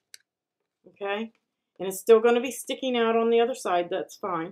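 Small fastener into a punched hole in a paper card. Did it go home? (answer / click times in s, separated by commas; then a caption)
yes / 0.1 s. A small fastener held on a weeding tool is pushed from the inside through a punched hole in a paper card, giving a sharp click at 0.1 s as it snaps in, followed by someone talking. The fastener is seated in the hole and still sticks out on the other side.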